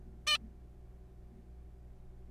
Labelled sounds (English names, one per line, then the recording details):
Zebra Finch
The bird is a juvenile
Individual R3428